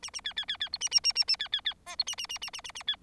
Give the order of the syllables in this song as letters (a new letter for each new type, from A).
A A B B B B C A A A A A B B B D C A A A A A A A B